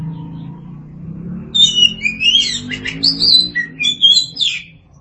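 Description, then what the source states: Oriental magpie-robin song, a rich run of varied whistled and slurred phrases, some rising, some falling, over a steady low hum. Birdsong (kicauan).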